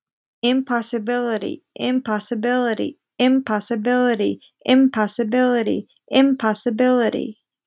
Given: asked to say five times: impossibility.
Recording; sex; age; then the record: repeated word; female; 20 to 29 years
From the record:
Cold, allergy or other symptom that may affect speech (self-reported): no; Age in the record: 25 years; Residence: Massachusetts, United States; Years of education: 17